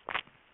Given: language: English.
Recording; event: throat vibration sensor signal played as sound; swallow